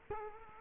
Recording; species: mosquito wingbeat signal from an infrared sensor; Culex quinquefasciatus